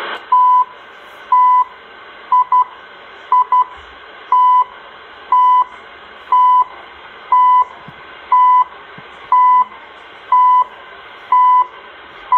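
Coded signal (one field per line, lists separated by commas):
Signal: radio time signal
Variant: CHU Canada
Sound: steady 1 kHz beeps roughly every second, some short double pulses, over hiss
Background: radio static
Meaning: Each tone pulse marks one second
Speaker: chu canada coordinated universal science 22 hours 12 minutes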